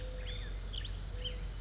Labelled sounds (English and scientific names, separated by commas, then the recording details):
Mourning Dove (Zenaida macroura)
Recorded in Sonoma County, California